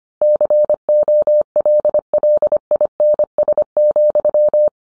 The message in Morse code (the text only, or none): COLLINS,